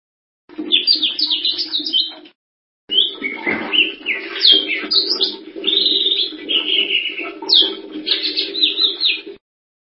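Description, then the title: Bird song: a lively, scratchy warble of chirps and short whistles, broken by a brief pause. "burung online"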